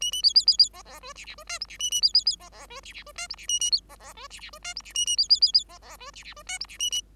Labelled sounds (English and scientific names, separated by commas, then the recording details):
Bengalese Finch (Lonchura striata domestica) song
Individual Bird5